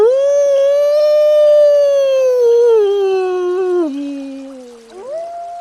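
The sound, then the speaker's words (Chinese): A human voice imitates a wolf howl: one long, sustained wavering cry that starts high, slowly sinks lower over several seconds, then rises again briefly at the end. “还挺像的。”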